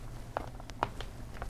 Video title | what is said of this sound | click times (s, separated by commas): DeAgostini ISS Model - (Stages 51-52) | Well, it doesn't snap, but it's it's pressure fit. | none